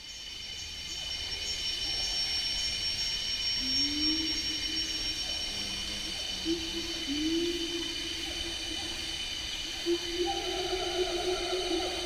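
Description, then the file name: Siamang hooting, low sustained tones that swoop upward partway through, later joined by higher whooping notes, with constant shrill buzzing behind. Recorded at Merapoh on 4 March 2014 at 11:23 in the morning. "Siamang 11 h 23 m 27 s 04 mar 2014 merapoh am"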